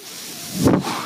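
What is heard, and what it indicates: A steady airy hiss swells into a single soft whoosh of rushing air that peaks and fades within about a second: the sound of a home mechanical ventilator pushing a breath, heard in a pause in the user's speech.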